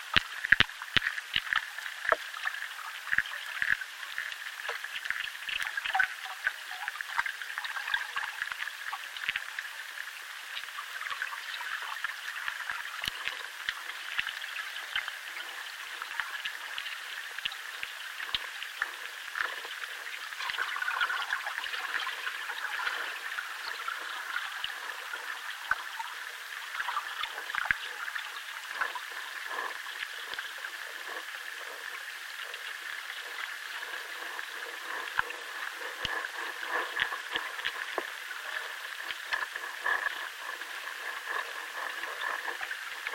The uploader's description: The mysterious sounds of underwater life, here recorded in a chalk river in southern England